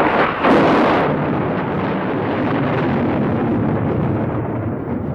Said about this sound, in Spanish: No tardó en oírse un trueno, tras sorprenderme el fulgor de un rayo. Noche de tormenta, de una tormenta que avanzaba rápidamente, a juzgar por el viento cada vez más fuerte.